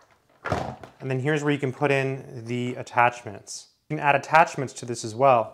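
On a PurSteam Therma Pro 211 Steam Mop, the release button is pressed and the handheld steamer unit comes off the mop pole with a sharp thunk at 0.5 s. A softer knock follows at 0.8 s, and then someone talks for the rest of the clip. The handheld steamer is released from the mop body.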